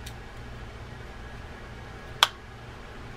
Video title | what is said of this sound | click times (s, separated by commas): Ambassadeur 5000 fishing reel failure and how to give this reel a 2nd Chance | you hear a nice snap like that it usually means that you've set it properly | 2.2 s